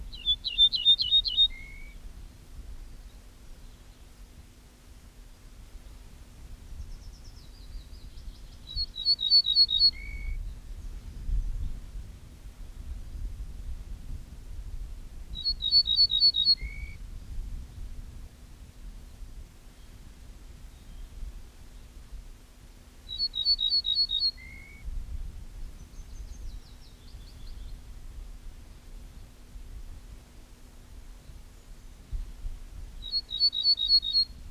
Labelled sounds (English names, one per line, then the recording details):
Ortolan Bunting song
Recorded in the wild
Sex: male
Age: adult
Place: Schloß Holte-Stukenbrock, Senne, Nordrhein-Westfalen, DE
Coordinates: 51.8669, 8.66611
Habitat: edge of the woods
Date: 1967-05-04
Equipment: Uher 4000 Report-S, Bändchenmikro Beyer M 260, Parabolspiegel Polyester (470 mm)
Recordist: Conrads, Klaus